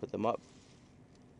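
Someone talks briefly as the end pieces of a KUNIST frunk rain/debris deflector for a 2017-2023 Tesla Model 3/Y are handled, ready to be pushed up so their metal retaining clips (two on each end piece, none on the center piece, four in total) go into the oval openings at the front of the frunk. After the talking, only faint low background noise remains. Nothing has seated or clicked yet.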